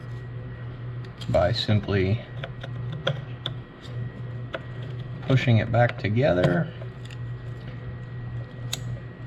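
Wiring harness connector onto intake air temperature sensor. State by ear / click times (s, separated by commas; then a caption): seated / 8.7 s. On a 2006 Jeep Liberty 3.7, the wiring harness electrical plug is pushed back onto the intake air temperature sensor on the plastic intake while someone talks over a steady low hum, with several small sharp ticks between about 2.4 and 4.6 s. A crisp click at 8.7 s marks the connector seating, and the red locking tab is then slid in so the connection is locked.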